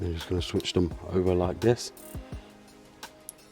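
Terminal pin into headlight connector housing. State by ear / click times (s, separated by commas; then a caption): seated / 3.0 s, 3.3 s. Someone talks while swapping crimped terminal pins from the headlight wiring of a BMW E60 between positions one and three of the plastic headlight connector housing. Two short, sharp clicks are heard at 3.0 s and 3.3 s as the pins are pushed in and seat.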